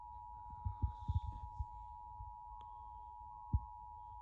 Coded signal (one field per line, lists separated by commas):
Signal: Emergency Alert System (SAME) tones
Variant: 853 and 960 Hz attention tone